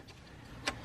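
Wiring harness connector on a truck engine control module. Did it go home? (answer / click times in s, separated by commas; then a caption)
released / 0.7 s. Someone presses the release button on the blue plastic ECM harness connector of an L5P Duramax truck's engine control module, and the latch clicks open with a short, sharp broadband click at 0.7 s over a low, steady background hum. The connector is released and slides up off the module.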